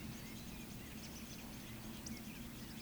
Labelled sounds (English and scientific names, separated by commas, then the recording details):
Eurasian Woodcock (Scolopax rusticola) whistle, Eurasian Woodcock (Scolopax rusticola) croak
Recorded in Baden-Württemberg, Germany, on 14 May 2021 at 19:15 UTC
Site 25175, 602 m above sea level